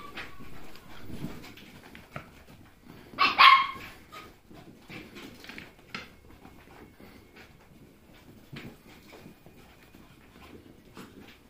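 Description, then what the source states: Domestic dog barks, one sharp loud bark among softer scuffling and pattering of paws across the floor. Dogs doing laps of the lounge.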